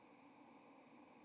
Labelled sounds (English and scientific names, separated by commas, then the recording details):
White-throated Sparrow (Zonotrichia albicollis) flight call
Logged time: 07:54 on 30 October 2014